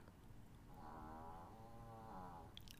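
Two faint, drawn-out, slightly whistling snores come about 1.3 seconds apart over quiet low room noise. This is the ordinary snoring of a small dog sleeping nearby, a harmless sound.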